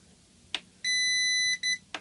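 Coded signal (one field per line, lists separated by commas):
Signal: beep code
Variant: CyberPower UPS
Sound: click, then a 0.7-second high beep, a brief short beep, another click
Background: button clicks, small room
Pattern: 1 long, 1 short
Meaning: The power button was held long enough and the UPS turns on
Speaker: There. We held it about 2 seconds. We heard the beep that it talked about.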